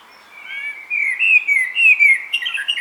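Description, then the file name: Common blackbird singing a mellow, fluty whistled phrase that wavers up and down for about two seconds, ending in a brighter, slightly squeaky flourish; background otherwise quiet. "Turdus merula"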